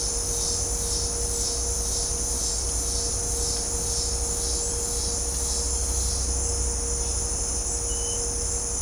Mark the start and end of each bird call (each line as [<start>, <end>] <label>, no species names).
[7.87, 8.16] bird call